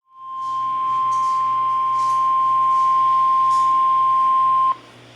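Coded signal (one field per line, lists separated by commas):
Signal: Emergency Alert System (SAME) tones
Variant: 1050 Hz attention tone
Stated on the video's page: Severe thunderstorm warning received from weather radio station KEC55.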